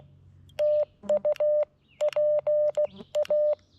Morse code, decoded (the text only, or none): TU PA